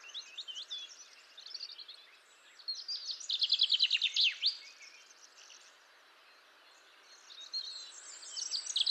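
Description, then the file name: Common chaffinch delivering a loud trill phrase that drops in pitch and ends in a flourish, amid quieter high chirps and warbles. "Fringilla coelebs"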